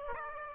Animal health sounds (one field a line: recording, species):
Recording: mosquito wingbeat signal from an infrared sensor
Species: Aedes aegypti